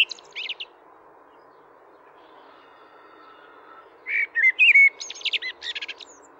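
Common blackbird song in two bursts: brief high squeaky notes at the start, then after a pause a whistled glide followed by thin, scratchy twittering.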